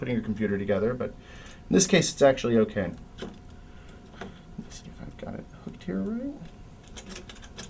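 Someone talks while hooking a CPU cooler retention clip onto the motherboard socket bracket, followed by quiet handling with a few faint ticks. Nothing has seated or clicked yet.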